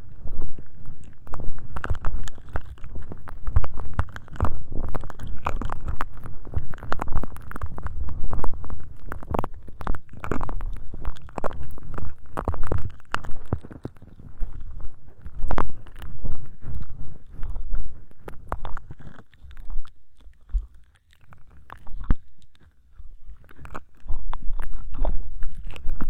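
Crackly scratching and rubbing from ear cleaning with a wet cotton swab and tools, dense rapid ticks over a soft low rumble. The sound stays dull and muffled, thins out briefly around 20 seconds, then returns to steady scratching.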